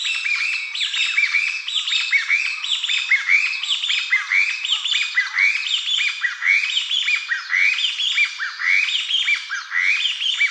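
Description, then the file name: Chinese bamboo partridge giving loud, rapidly repeated harsh rising notes that overlap into a continuous raucous chorus. Recorded 23 March 2016. "kojukei 160323"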